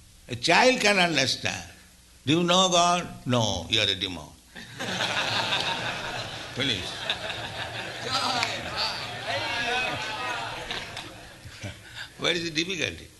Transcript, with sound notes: A child can understand, "Do you know God?" "No." "You are a demon." [laughter] Finished. Where is the difficulty?